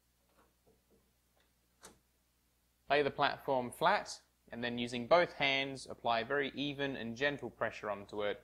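A print bed platform is laid flat onto its mount inside an Up! Box+/Afinia H800 3D printer, giving a few faint handling ticks in the first two seconds, the clearest at about 1.9 s. From about 2.9 s someone talks. The bed has not yet been pressed down, and nothing has snapped or clicked into place.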